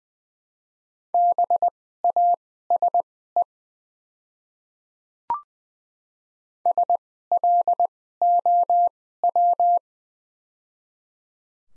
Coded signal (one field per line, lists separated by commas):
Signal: Morse code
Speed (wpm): 20 wpm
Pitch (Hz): 700 Hz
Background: none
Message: BASE SLOW